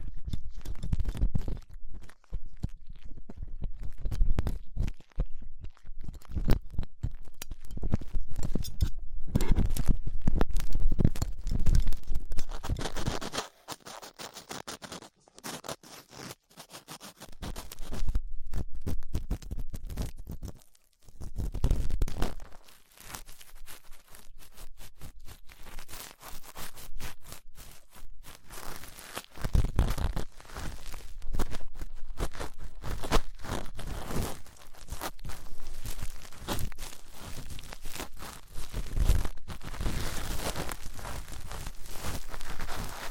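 Ear cleaning sounds with latex gloves, a dental pick and cotton swabs: dense, crackling scratches and rustles with thumping low rubs that swell and fade. A quieter gap around 14 to 17 seconds breaks the handling, and the busy scratching resumes until the end.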